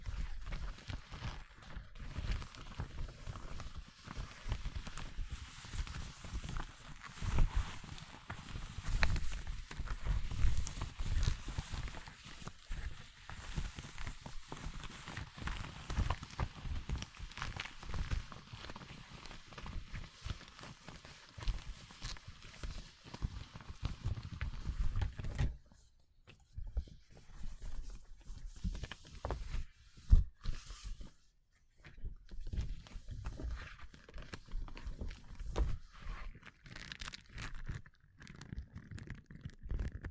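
Gloves being handled, with dense rustling, rubbing and soft low thumps that run almost continuously for the first 25 seconds. After that the movement becomes sparser and quieter, broken by short silences, with one sharp tap at about 30 seconds.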